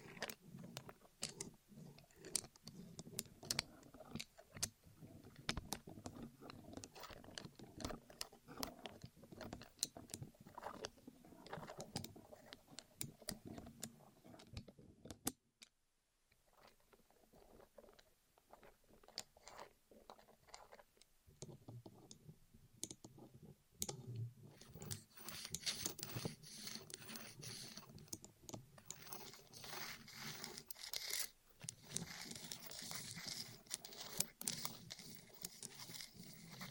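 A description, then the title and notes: Rolling sounds on the ears in an ASMR recording: dense, busy rustling and crackling with many quick clicks and soft thumps. Around fifteen seconds it drops nearly silent for a moment, then the rolling returns, growing brighter and fuller after about twenty-five seconds. ASMR Rolling On Your Ears (No Talking).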